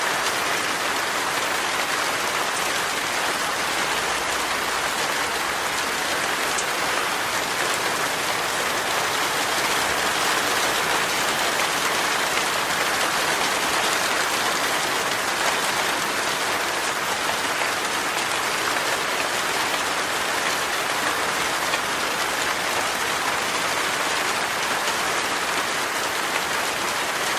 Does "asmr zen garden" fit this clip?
no